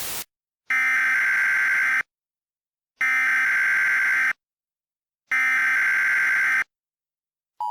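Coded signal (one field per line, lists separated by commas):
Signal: Emergency Alert System (SAME) tones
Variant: header bursts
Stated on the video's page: Fictional EAS mock.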